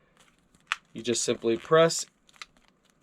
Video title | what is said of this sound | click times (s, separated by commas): joyroom Motorcycle Phone Mount, [1s Auto Lock][100mph Military Anti-Shake] Bike | and once you line it up it will lock into place | 0.7 s